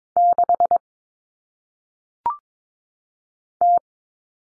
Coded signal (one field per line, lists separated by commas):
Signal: Morse code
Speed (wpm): 22 wpm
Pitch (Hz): 700 Hz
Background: none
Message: 6 T